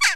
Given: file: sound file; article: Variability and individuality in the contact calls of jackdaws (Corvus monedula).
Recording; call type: jackdaw call; harmonic